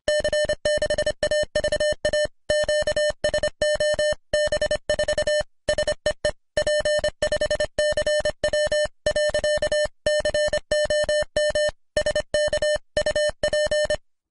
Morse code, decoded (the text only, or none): C6AVA QSO B4 SEE P5CW.COM SK UP